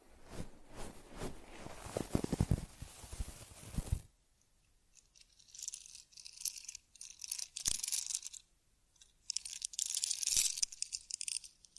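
Teddy bear grooming sounds: for the first four seconds, dense rubbing and brushing against fur with rough low thumps. After a short silence, lighter scratchy strokes come in bursts, bright and crackly, with a few sharp taps around eight and ten seconds.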